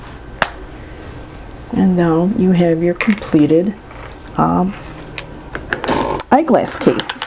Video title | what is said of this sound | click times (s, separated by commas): Eye glass case, pencil case, let's make one | it and you can hear the snap and now | 0.4 s